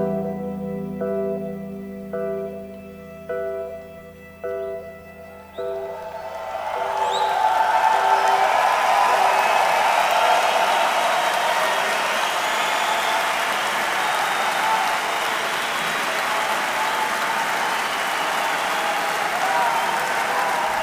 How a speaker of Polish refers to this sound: Takie brawa dostawali artyści i ich lider na koniec występu. Trudno się dziwić, prawda?